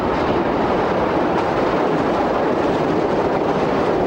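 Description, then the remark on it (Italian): A New York subway train rumbles along in a steady, dense roar of wheels and rails, holding an even loudness throughout with a faint rhythmic clatter underneath and no voices. “Passa le giornate alla biblioteca pubblica o nei musei e studia per ore la rete della metropolitana di New York.”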